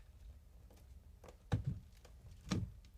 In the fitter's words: Did you hear the click? Ah, there it is. I heard the click.